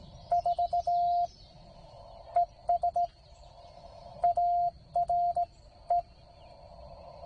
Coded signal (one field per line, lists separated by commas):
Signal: Morse code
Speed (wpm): 17 wpm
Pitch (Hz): 700 Hz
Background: none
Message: 4 ES ARE